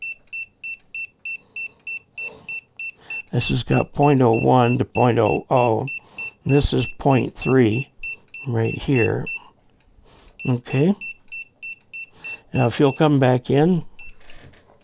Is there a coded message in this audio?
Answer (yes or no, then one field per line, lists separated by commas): no